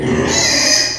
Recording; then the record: squeal of a Yucatan mini pig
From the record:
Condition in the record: before surgery on the right vocal fold (resection and tissue-engineered implant); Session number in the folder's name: 2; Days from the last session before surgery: 0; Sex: male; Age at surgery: 12 weeks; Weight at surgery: 13 kg